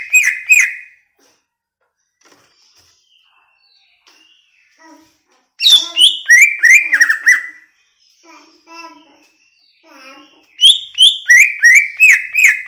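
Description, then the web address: Greater green leafbird song: bursts of loud whistled notes sliding down, repeated rapidly in three bouts separated by quieter chattering and soft twittering. Banyuwangi; described as gacor, an energetic, continuous singer. "cucak-ijo suara-cucak-ijo-banyuwangi-gacor"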